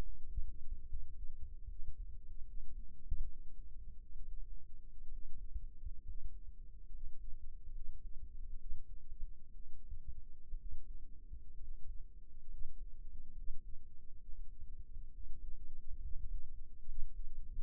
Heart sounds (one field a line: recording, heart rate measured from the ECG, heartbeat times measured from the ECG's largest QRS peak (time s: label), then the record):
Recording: heart sounds by microphone in the right ear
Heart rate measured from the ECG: 68 bpm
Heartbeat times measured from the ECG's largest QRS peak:
0.87 s: heartbeat
1.67 s: heartbeat
2.45 s: heartbeat
3.26 s: heartbeat
4.13 s: heartbeat
5.10 s: heartbeat
6.04 s: heartbeat
6.90 s: heartbeat
7.72 s: heartbeat
8.57 s: heartbeat
9.51 s: heartbeat
10.56 s: heartbeat
11.57 s: heartbeat
12.48 s: heartbeat
13.33 s: heartbeat
14.20 s: heartbeat
15.09 s: heartbeat
16.00 s: heartbeat
16.85 s: heartbeat
From the record:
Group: healthy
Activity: rest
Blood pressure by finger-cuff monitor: 85/55 mmHg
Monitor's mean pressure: 65 mmHg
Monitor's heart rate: 68 bpm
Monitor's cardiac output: 6.2 L/min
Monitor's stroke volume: 88 mL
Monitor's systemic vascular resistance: 730 dyn s/cm5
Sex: male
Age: 22 years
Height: 181 cm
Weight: 79 kg